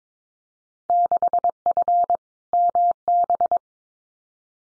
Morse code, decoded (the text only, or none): 6F MB